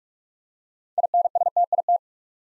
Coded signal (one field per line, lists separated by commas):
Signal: Morse code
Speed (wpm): 44 wpm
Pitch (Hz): 700 Hz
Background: none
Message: INSTIT